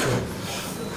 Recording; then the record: coughing mixed with background sound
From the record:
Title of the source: Residual Phlegmy Morning Coughing and Gagging